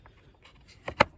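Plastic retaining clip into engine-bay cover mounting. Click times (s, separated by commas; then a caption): 1.0 s. On a 2014 Kia Sportage 2.0 CRDI during a full service, the second of two plastic retaining clips on an engine-bay cover is pressed into its mounting. A faint click comes at 0.9 s before the clip snaps sharply into place at 1.0 s, seating the cover.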